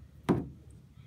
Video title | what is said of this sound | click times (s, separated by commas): Kayak Paddle Mount Installation for Sit-on Top Kayaks (Long): Angle Oar | you put the angle ore in it snaps in place like that | 0.3 s